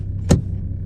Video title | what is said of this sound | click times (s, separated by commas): I Replaced My Amazon Seats With NRG Prisma Seats - 2014 Mustang | that wasn't the seat rattling, I just didn't have it locked into place all the way. | 0.3 s